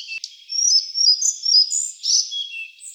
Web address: Ficedula albicollis